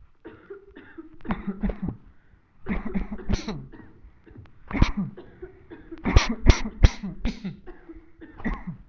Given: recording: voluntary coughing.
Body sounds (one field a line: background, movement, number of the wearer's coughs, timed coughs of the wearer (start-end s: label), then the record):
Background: a bystander coughing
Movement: sitting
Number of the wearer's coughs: 11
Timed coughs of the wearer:
1.26-1.60 s: cough
1.60-1.99 s: cough
2.67-2.94 s: cough
2.92-3.24 s: cough
3.26-3.65 s: cough
4.70-5.10 s: cough
6.03-6.39 s: cough
6.43-6.74 s: cough
6.80-7.23 s: cough
7.24-7.64 s: cough
8.42-8.79 s: cough
From the record:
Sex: male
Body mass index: 20.5 kg/m2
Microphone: on the chest, facing the body